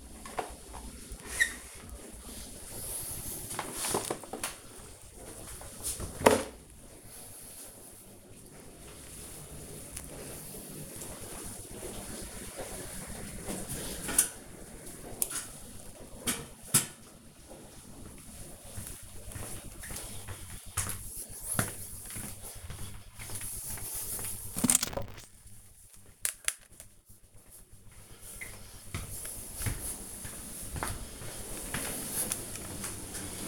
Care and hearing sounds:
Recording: household activities, microphone on the right wrist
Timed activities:
0.00-33.47 s: kitchen

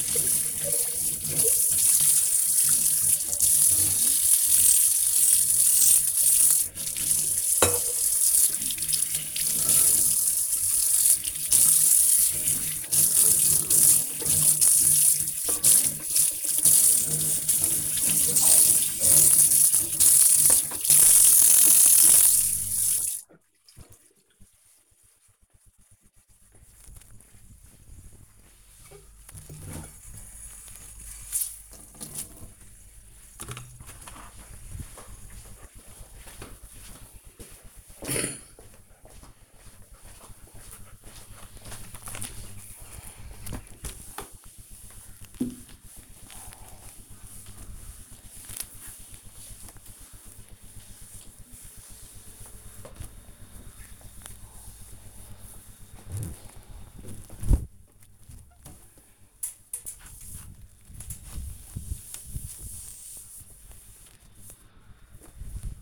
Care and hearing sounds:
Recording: household activities, microphone on the right wrist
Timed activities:
0.00-23.32 s: washing dishes
42.48-65.82 s: window cleaning

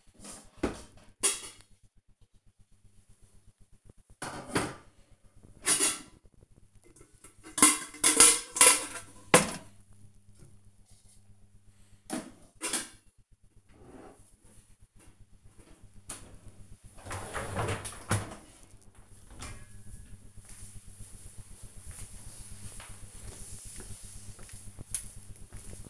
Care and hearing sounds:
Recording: household activities, microphone on the right wrist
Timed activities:
0.00-19.17 s: cleaning out the dishwasher

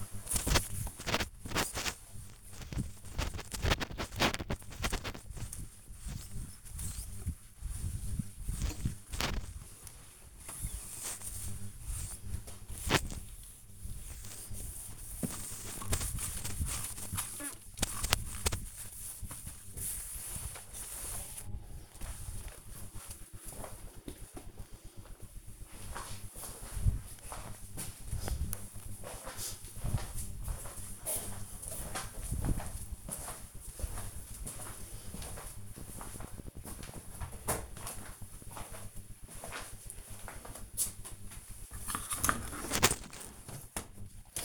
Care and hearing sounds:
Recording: household activities, microphone on the right wrist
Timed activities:
0.00-22.97 s: window cleaning
40.10-44.45 s: cleaning out the dishwasher

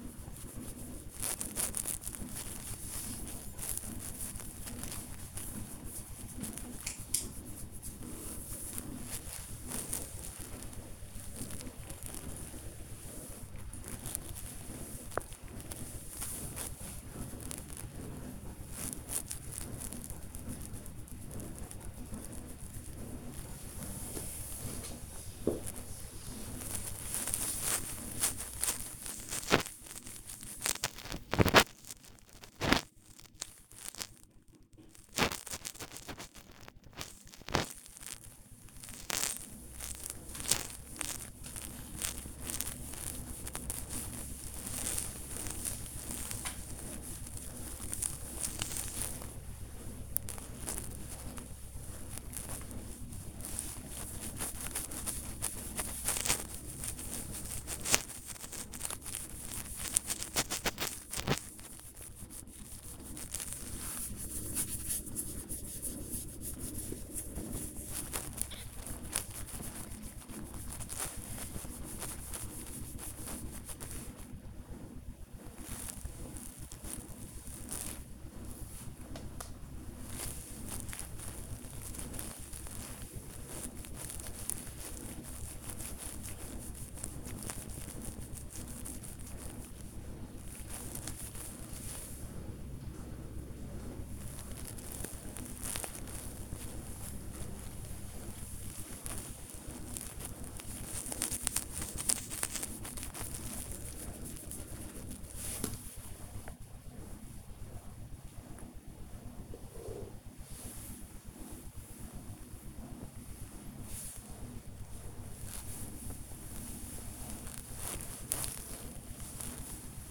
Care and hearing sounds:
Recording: household activities, microphone on the right wrist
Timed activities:
0.00-120.11 s: petting the dog

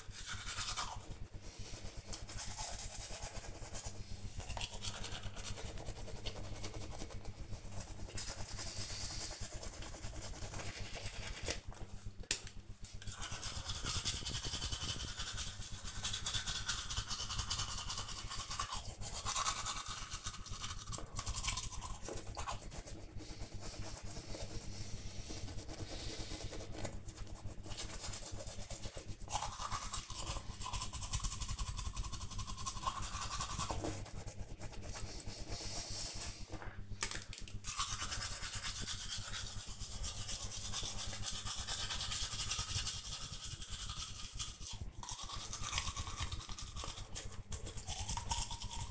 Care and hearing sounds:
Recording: household activities, microphone on the right wrist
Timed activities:
0.00-48.91 s: brushing teeth

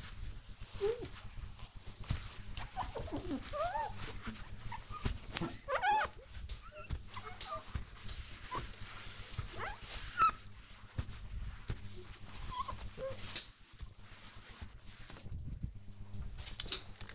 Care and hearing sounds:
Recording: household activities, microphone on the right wrist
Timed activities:
0.00-17.15 s: window cleaning

